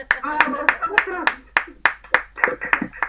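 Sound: audience applause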